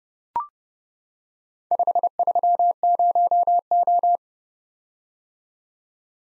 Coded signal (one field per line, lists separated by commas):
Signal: Morse code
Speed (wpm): 30 wpm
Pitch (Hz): 700 Hz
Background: none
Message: 530O